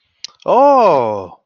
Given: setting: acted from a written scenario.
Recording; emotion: vocal sound without words; positive surprise